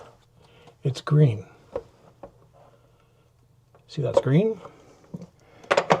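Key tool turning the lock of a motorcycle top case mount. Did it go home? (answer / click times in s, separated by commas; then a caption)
released / 5.7 s, 5.9 s. A supplied plastic key tool is inserted into the top case lock mechanism of a motorcycle top case mount on a 2026 Can-Am Spyder and turned to the left while someone talks, with a few faint taps and scrapes in between. The lock clicks open at about 5.7 s and 5.9 s, releasing it, and the indicator changes from green to red to show it is unlocked.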